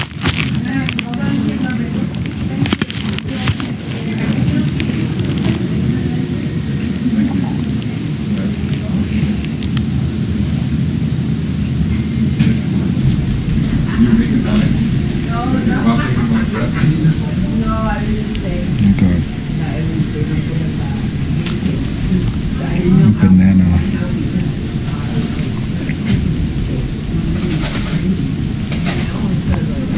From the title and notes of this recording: Extended ER ambience and some softly spoken words.